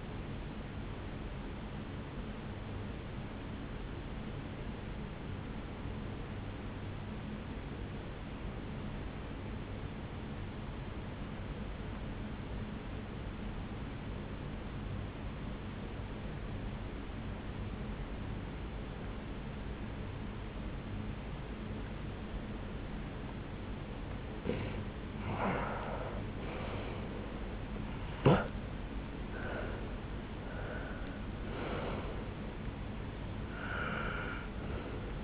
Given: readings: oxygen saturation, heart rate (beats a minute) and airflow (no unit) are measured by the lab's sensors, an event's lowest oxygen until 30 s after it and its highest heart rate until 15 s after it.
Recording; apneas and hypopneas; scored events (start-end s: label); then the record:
breathing in sleep by a voice recorder at the bedside; 1
4.00-25.30 s: obstructive apnea (N1, oxygen 96% highest, then 88% lowest, heart rate 66 at the start, 75 highest)
11.00-35.24 s: new sleep stage, N2 (light sleep)
From the record:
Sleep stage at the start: N1 (lightest sleep); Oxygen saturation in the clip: 87 to 96%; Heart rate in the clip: 58 to 77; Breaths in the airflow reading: 4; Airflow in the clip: -10.3 to 8.7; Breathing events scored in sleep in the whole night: 449 in 7.0 hours asleep